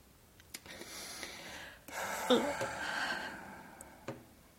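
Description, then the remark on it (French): Heavy, ragged breathing, with a long rasping breath swelling in the middle, surrounded by softer breaths and a few short sharp sniffs. No one speaks. “J'entends ta respiration.”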